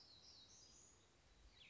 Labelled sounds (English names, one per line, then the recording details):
Black-throated Gray Warbler
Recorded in Sonoma County, California